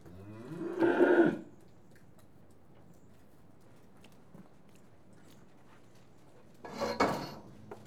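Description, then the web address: Cattle mooing: one loud harsh bellow near one second and another near seven seconds, quiet yard background between them. Cattle in a yard, TB tested. "BBC Sound Effects Library BBC 35-Livestock. Cattle TB Tested In Yard"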